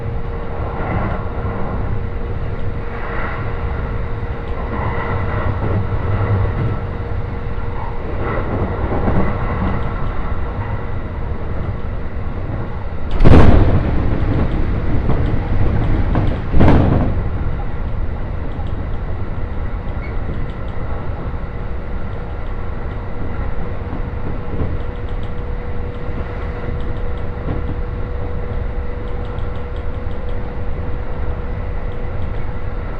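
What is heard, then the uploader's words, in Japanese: A ride aboard a Joban Line train between Katsuta and Ishioka: a steady low rumble with a faint constant tone running through it. Two sharp bright bursts stand out around the thirteen and sixteen second marks, then the even rolling drone carries on. 耳で楽しむ鉄道旅 常磐線 勝田→石岡。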